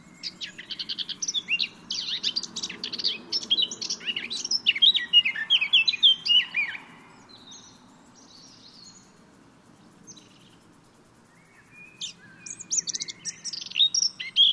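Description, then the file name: Eurasian blackcap singing a rapid, scratchy warble for about seven seconds, then near silence, then another bright burst of varied notes near the end. "Sylvia atricapilla"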